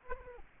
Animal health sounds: mosquito wingbeat signal from an infrared sensor; Aedes aegypti

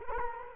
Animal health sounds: mosquito wingbeat signal from an infrared sensor; Culex quinquefasciatus

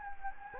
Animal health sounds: mosquito wingbeat signal from an infrared sensor; Anopheles gambiae

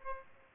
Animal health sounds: mosquito wingbeat signal from an infrared sensor; Aedes aegypti

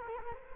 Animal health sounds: mosquito wingbeat signal from an infrared sensor; Culex quinquefasciatus

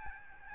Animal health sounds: mosquito wingbeat signal from an infrared sensor; Aedes albopictus

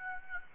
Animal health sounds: mosquito wingbeat signal from an infrared sensor; Aedes aegypti

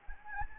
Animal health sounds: mosquito wingbeat signal from an infrared sensor; Anopheles arabiensis

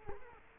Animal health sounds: mosquito wingbeat signal from an infrared sensor; Culex quinquefasciatus

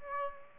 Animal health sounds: mosquito wingbeat signal from an infrared sensor; Aedes aegypti

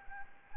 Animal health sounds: mosquito wingbeat signal from an infrared sensor; Anopheles arabiensis

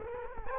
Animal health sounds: mosquito wingbeat signal from an infrared sensor; Culex quinquefasciatus

